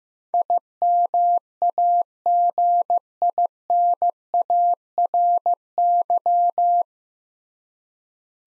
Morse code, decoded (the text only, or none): IMAGINARY